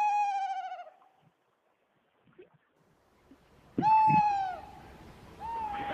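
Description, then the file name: Tawny owl hooting: three clear tonal hoots, with a long quiet gap after the first. "chouette hulotte"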